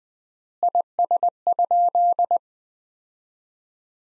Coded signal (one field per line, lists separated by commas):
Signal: Morse code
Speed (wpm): 20 wpm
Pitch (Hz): 700 Hz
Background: none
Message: IS?